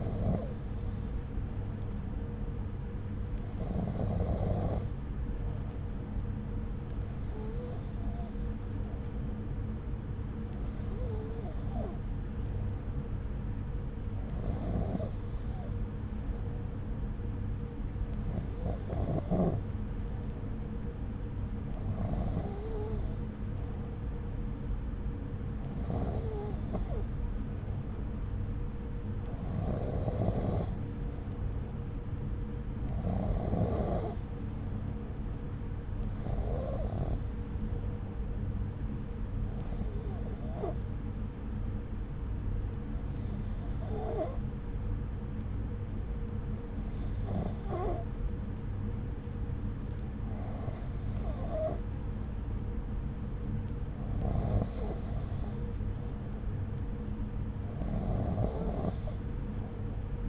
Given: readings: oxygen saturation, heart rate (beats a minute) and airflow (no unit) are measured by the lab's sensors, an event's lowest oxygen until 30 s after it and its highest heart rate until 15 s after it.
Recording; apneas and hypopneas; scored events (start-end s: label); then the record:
breathing in sleep by a smartphone at the bedside; 1
41.00-55.30 s: hypopnea (N2, oxygen 94% highest, then 93% lowest)
From the record:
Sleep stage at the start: N2 (light sleep); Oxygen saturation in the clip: 93 to 94%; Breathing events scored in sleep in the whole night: 303 in 8.1 hours asleep